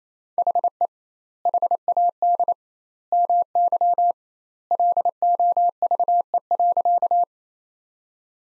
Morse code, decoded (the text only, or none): HE HAD MY LOVE.